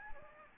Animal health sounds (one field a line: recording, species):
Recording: mosquito wingbeat signal from an infrared sensor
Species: Anopheles gambiae